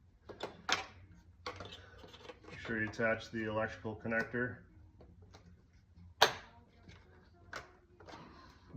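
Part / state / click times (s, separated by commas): electrical connector on engine oil filter housing/intake area / seated / 6.2 s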